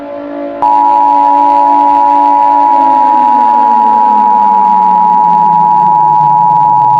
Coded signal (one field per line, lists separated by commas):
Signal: Emergency Alert System (SAME) tones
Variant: 853 and 960 Hz attention tone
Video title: EAS Scenario: Nuclear Sabotage